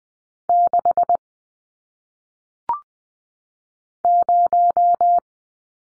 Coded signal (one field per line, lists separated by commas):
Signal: Morse code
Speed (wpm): 20 wpm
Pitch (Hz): 700 Hz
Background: none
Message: 6 0